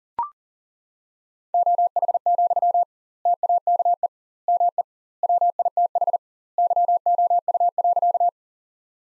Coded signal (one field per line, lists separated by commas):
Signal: Morse code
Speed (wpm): 40 wpm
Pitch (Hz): 700 Hz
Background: none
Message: OH, TAKE ME WITH YOU.